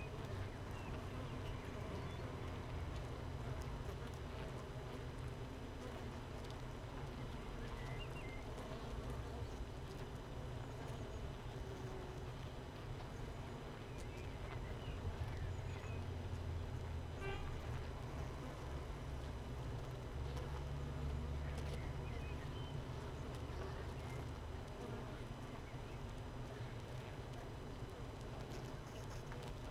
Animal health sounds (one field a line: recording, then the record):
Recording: honeybee colony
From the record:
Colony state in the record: missing queen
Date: 31 May 2018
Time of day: 15:38